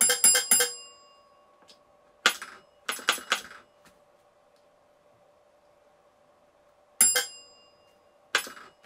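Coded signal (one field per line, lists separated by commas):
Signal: bell signal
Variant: railway block bells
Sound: single bell strikes in groups, about 3, then 1 and 3, then 2 and 1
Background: quiet room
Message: 3, 1-3, 2-1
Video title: Block bells simple instructions St A&MRly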